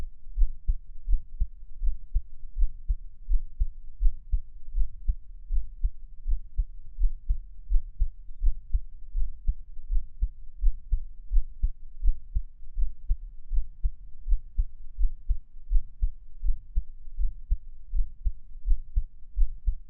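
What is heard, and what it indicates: A steady, low thumping adult heartbeat at about 83 beats a minute, regular, with no talking.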